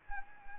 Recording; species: mosquito wingbeat signal from an infrared sensor; Anopheles gambiae